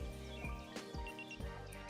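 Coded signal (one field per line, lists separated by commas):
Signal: beep code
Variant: Nash Siren R3+ bite alarm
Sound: three quick high beeps over loud background music and thumps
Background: music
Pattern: 3 short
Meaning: Alarm is set to standard sensitivity mode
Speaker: you'll know that you're on that setting by hearing three audible beeps by holding down the function button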